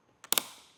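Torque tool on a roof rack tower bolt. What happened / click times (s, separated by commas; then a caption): The torque tool clicked at its set torque / 0.3 s. A torque tool from a Yakima TimberLine roof rack kit tightens the hidden upper bolt on a crossbar tower of a 2023 Kia Sorento until it reaches its torque setting. A soft tick at 0.2 s leads into a sharp, bright click at 0.3 s, and a second hit follows at about 0.4 s with a fading ring. The tool clicks at its setting at 0.3 s.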